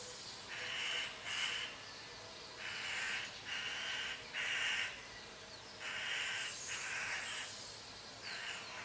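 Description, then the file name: Eurasian magpie chattering in harsh, grating bursts, some doubled, separated by brief gaps. "Pica pica"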